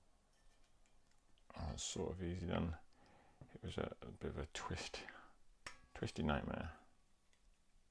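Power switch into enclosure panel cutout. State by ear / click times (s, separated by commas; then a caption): not seated / none. A rocker power switch is twisted and pushed by hand toward its cutout in the enclosure panel of a Drobo storage unit, a fitting that turns out a bit twisty. Someone talks over soft handling clicks and a sharp tick near 5.7 s. The switch has not snapped into place yet.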